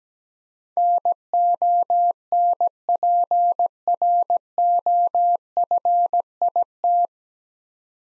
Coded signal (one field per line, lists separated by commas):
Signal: Morse code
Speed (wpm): 17 wpm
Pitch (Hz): 700 Hz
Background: none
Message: NONPROFIT